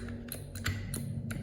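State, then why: Seated. Pushing the forward assist on a Sig Sauer 516 Tactical Patrol & CQB rifle drives the metal bolt carrier fully into battery in the upper receiver, with a series of sharp metallic ticks and taps over a low hum. The loudest click at 0.7 s marks the bolt seating fully closed, its locking lugs locked, since the rifle cannot fire unless the bolt is completely closed.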